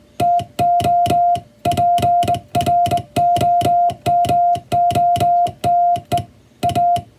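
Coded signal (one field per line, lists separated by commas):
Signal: Morse code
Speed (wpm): 22 wpm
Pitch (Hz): 700 Hz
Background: music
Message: TO PROMOTE A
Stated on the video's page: Morse code receive practice of the kind used for the radiotelegraph operator exam, recreating ship-to-coast-station telegraph traffic.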